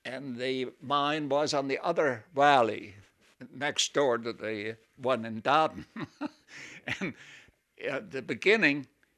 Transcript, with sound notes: and the mine was on the other valley; next door to the one in Daaden. (he laughs) And at the beginning,